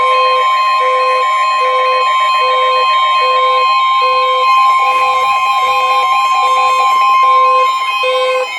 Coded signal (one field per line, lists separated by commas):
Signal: Emergency Alert System (SAME) tones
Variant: 1050 Hz attention tone